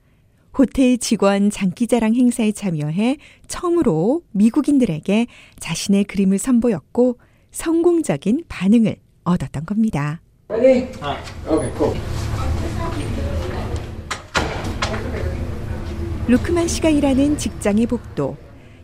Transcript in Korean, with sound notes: 호텔 직원 장기자랑 행사에 참여해 처음으로 미국인들에게 자신의 그림을 선보였고, 성공적인 반응을 얻었던 겁니다.
[현장음: 복도 전시실]
루크만 씨가 일하는 직장의 복도.